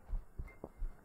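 Quick, soft low thumps of an adult's heartbeat picked up on the chest, around 130 beats a minute: a fast heart rate.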